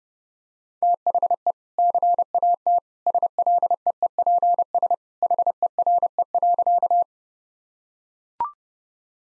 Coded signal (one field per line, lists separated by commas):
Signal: Morse code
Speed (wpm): 32 wpm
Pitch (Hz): 700 Hz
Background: none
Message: THE CAT SLEEPS HERE.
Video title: Easy Sentences with Hints - 30wpm